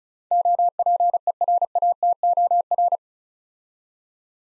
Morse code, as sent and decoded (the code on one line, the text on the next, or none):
--- .--. . .-. .- - --- .-.
OPERATOR